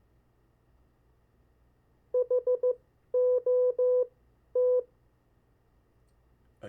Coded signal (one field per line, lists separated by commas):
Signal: Morse code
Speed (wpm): 15 wpm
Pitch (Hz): 500 Hz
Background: speech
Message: HOT